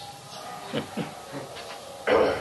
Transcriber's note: Prabhupāda chuckles